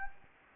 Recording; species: mosquito wingbeat signal from an infrared sensor; Anopheles gambiae